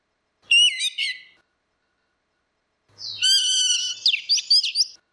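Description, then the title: Orange-headed thrush: a short whistled phrase, then after a pause a longer, rich, buzzy and trilled phrase. "Burung Anis Merah"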